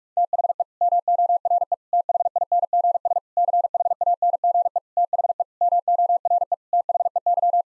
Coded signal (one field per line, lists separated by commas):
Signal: Morse code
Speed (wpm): 41 wpm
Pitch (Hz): 700 Hz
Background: none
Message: THE MORE THINGS CHANGE THE MORE THEY